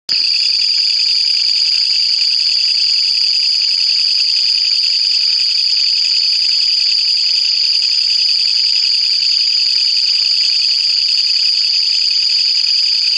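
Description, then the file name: Japanese giant katydid giving a continuous, intense rasping drone, steady and unvarying from start to finish. "クツワムシ"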